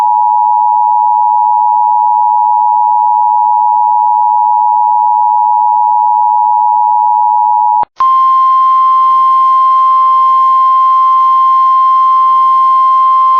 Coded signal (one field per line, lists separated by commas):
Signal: Emergency Alert System (SAME) tones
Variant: 853 and 960 Hz attention tone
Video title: EAS Catches #4-5: (EAS) Required Weekly Tests from yesterday and today